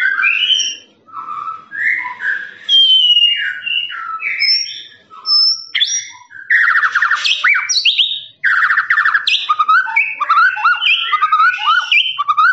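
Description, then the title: Lovebird chattering song, varied squeaky notes giving way to fast buzzy trills and dense rapid chirping toward the end. Long trilling "ngekek" song used for training birds. "FULL DURASI MASTERAN LOVEBIRD NGEKEK PANJANG"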